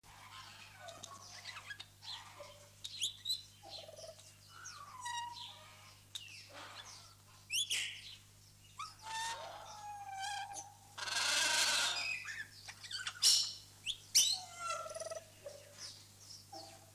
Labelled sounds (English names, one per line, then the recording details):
Grey Parrot call
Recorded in captivity
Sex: pair
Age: adult
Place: Vogelpark Niendorf, Schleswig-Holstein, DE
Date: 2006-09-28
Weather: sonnig, 24°C
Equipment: Grundig CR 110, Sennheiser ME 80, Kopie Uher 4000 Report Monitor
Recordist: Tembrock, Günter